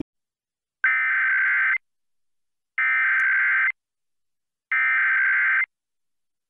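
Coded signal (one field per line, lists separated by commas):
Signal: Emergency Alert System (SAME) tones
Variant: header bursts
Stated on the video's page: EAS test of Vermont's AMBER Alert child abduction network.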